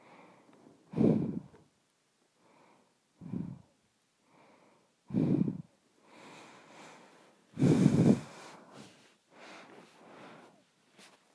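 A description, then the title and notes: Nose breathing with four loud, low snorting inhales near one, three, five and eight seconds, plus softer breaths between. ASMR Nose Breathing.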